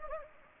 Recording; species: mosquito wingbeat signal from an infrared sensor; Anopheles gambiae